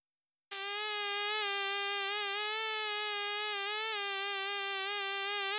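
Mosquito buzz starting abruptly after a brief silence, then a sustained high nasal whine with gentle pitch wobbles.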